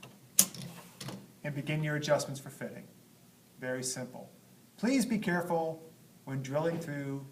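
A FlexLoc multiaxial wheelchair backrest hardware piece is dropped into its mounted receiver on a wheelchair back pan and seats with one sharp, loud metallic hit at 0.4 s, followed by a few faint ticks. Someone then talks for the rest of the clip.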